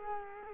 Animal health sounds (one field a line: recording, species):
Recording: mosquito wingbeat signal from an infrared sensor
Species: Culex quinquefasciatus